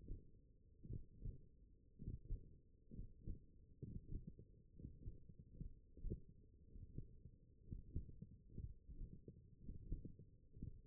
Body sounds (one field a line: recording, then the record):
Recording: forearm muscle sounds (acoustic myography)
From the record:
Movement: hook grip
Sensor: system 1, eight BSWA MPA416 microphones around the upper forearm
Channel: 7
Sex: male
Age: 42 years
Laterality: right